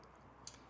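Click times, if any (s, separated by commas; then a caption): 0.5 s. A plastic attachment is pushed onto its mount on a Parkside 3-in-1 sharpener base, and a small clip locks it in place. A single short, sharp click sounds at 0.5 s over a quiet, steady low background. The attachment is seated and locked.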